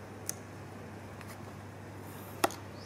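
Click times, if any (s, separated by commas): 0.3 s, 2.4 s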